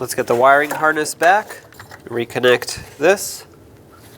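An engine wiring harness connector on a 2006–2011 Chevy HHR is being handled and moved back toward its mating plug during a knock sensor replacement. Someone talks over faint handling noise, and nothing has seated or clicked yet.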